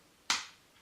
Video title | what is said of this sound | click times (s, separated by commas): Transformers Titans Return Mindwipe with Vorath - GotBot True Review NUMBER 173 | You can actually hear it snap in. | 0.3 s